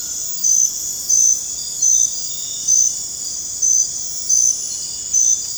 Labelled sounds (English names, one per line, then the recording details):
none
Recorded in dense forest near Puerto Asís, Putumayo, Colombia, on 21 December 2024 at 21:30
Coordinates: 0.481, -76.323
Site G100